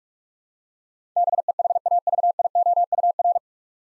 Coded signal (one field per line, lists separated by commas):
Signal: Morse code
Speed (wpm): 42 wpm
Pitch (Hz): 700 Hz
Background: none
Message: BEHAVIOUR